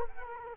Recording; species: mosquito wingbeat signal from an infrared sensor; Culex quinquefasciatus